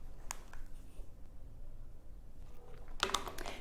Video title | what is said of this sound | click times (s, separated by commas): Smartish Tuff Sheet - Features & Close-Ups | grab your alignment frame and place it over your phone and it'll snap into place then | 0.3 s